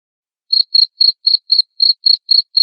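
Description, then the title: Cricket chirps begin after a short pause, a regular train of high, bright pulses repeated roughly every quarter second. Loud cricket chirping played to make lovebirds sing continuously. "Suara JANGKRIK NGERIK Keras Bikin LOVEBIRD Jadi NGEKEK Terus Vubey"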